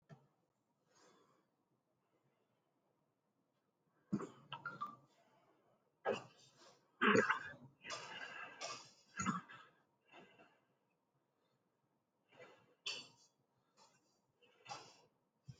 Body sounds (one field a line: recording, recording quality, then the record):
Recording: deep breathing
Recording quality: excellent, no background noise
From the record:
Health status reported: healthy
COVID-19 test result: not tested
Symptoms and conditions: cough, cold, sore throat, fever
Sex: male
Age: 52 years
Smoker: not ticked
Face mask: not worn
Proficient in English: yes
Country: India